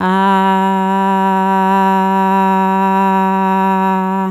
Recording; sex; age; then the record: sustained vowel /a/; female; 40 to 49 years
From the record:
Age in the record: 46 years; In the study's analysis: included